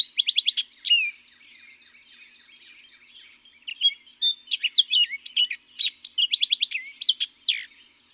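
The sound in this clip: Orchard oriole song: quick strings of repeated chips mixed with slurred whistles, in two busy bursts around a quieter gap with faint high twittering.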